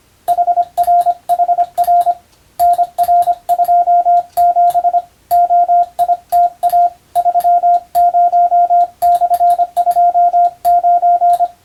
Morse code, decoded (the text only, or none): HRHR NR27 OITA 30/29